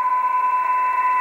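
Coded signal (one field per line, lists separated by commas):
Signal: PSK31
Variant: BPSK31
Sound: several thin warbling tones at once, one strong near 1 kHz, over band hiss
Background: radio static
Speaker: 1407 oh look at these little tones there are multiple tones here and these are all BPSK signals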